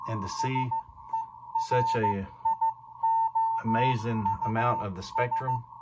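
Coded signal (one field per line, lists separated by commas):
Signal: Morse code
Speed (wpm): 15 wpm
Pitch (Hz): 900 Hz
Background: speech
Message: SERIOUS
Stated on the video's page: CW on the 40 m ham band received with an RTL-SDR on an inverted-L antenna.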